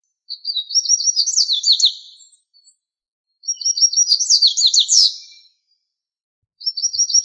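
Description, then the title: Bird song: bright, high twittering phrases with fast trills, each about two seconds long, separated by short silent gaps; no other sounds. "LuckyPassaros CompletosSama"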